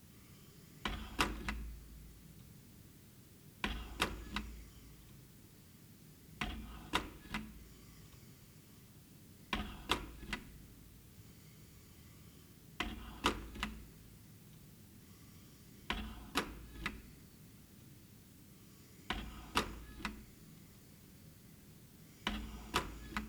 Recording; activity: daily activity, guitar pickup as the sensor; manipulate door